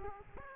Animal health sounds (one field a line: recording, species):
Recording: mosquito wingbeat signal from an infrared sensor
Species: Aedes aegypti